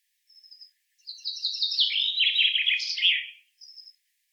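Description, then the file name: Common chaffinch song: a rattling series of notes sliding downward over about two seconds, ending in a brief flourish, with thin high whistles just before and after. "Fringilla coelebs"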